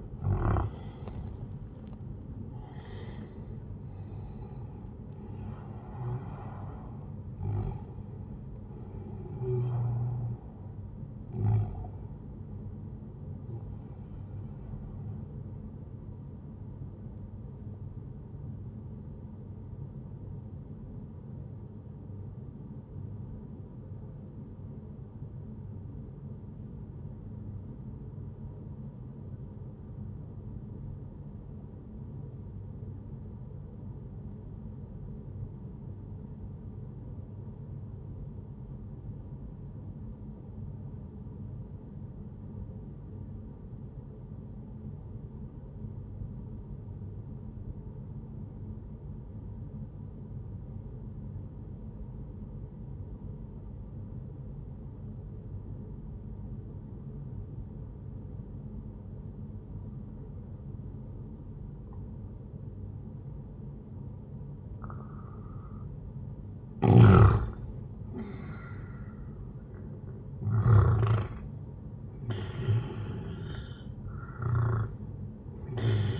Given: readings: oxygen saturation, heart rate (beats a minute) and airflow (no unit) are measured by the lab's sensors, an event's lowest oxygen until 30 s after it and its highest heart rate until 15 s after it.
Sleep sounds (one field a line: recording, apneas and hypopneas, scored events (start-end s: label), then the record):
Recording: breathing in sleep by a smartphone at the bedside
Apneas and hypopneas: 1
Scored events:
4.00-34.00 s: new sleep stage, N1 (lightest sleep)
20.00-66.30 s: obstructive apnea (N1, oxygen 98% highest, then 91% lowest, heart rate 66 at the start, 76 highest)
34.00-64.00 s: new sleep stage, N2 (light sleep)
64.00-76.20 s: new sleep stage, N1 (lightest sleep)
From the record:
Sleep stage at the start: N2 (light sleep)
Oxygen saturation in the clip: 90 to 98%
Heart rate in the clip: 62 to 79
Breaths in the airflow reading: 7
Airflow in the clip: -13.2 to 12.3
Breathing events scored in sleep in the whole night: 131 in 7.2 hours asleep